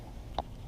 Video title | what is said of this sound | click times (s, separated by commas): 2016 Golf R Coil Pack Helicoil Install | you'll hear them click like that | 0.4 s